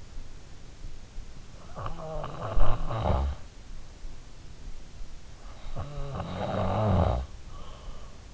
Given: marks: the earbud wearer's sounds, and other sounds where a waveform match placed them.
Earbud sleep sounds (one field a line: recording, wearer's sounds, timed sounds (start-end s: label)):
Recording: sounds in sleep by an in-ear microphone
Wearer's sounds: snoring breath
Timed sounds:
1.46-3.86 s: snoring breath
5.17-7.80 s: snoring breath